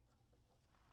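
A control cable is handled at the port on the bottom LED panel of a stacked LED stand, heard as faint low rumble and soft handling noise. Nothing has seated or clicked yet.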